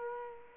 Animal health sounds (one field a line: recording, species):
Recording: mosquito wingbeat signal from an infrared sensor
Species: Culex quinquefasciatus